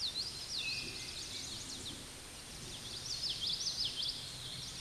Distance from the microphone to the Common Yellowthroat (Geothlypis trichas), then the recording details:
about 25 m. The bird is about level with the microphone. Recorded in a Pennsylvania forest on 16 May 2024 at 09:50. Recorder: AudioMoth, point MSD-2453. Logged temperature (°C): 16.3 °C. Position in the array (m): 224 m, 186 m